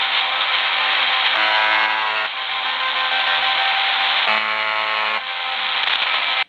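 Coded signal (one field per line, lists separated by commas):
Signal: channel marker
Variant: UVB-76 (The Buzzer)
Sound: loud shortwave hiss broken by two rough, roughly one-second buzzes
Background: radio static, interference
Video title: UVB 76 - 4625 khz - com interferência de rádio pirata - Rússia #ghost #shortwave #ondacorta #sdr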